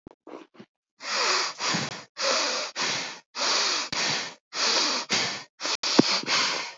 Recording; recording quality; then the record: shallow breathing; excellent, no background noise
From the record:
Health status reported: healthy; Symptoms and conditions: none ticked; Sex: male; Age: 23 years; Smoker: not ticked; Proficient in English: yes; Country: India